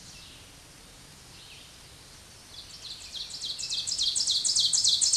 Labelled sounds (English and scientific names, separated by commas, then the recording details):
Ovenbird (Seiurus aurocapilla) song
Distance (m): 10 m
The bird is about 5 m above the microphone
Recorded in a Pennsylvania forest on 16 May 2024 at 07:05
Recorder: AudioMoth, point MSD-0475
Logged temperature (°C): 12.3 °C
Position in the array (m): 147 m, 5 m